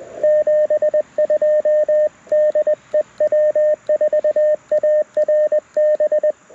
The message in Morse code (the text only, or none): 72DEW4ARB